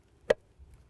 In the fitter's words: There's my click.